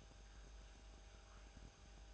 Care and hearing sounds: daily activity, microphone in the room; make coffee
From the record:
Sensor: 2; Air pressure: 1007.2 hPa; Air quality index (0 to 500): 41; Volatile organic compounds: 1 ppm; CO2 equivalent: 542 ppm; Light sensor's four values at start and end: 6/14/6/6 and 6/14/6/6

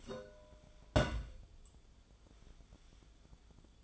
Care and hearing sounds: daily activity, microphone in the room; place on stove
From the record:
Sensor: 5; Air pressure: 1010.0 hPa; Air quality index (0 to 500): 150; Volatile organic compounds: 3 ppm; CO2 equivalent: 1463 ppm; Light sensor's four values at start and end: 249/607/258/283 and 246/598/256/281

